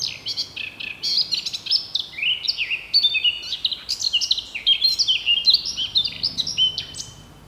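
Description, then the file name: Eurasian blackcap pouring out a continuous, fast warble of varied high twittering and whistled notes that runs without pause from start to finish. "Sylvia atricapilla"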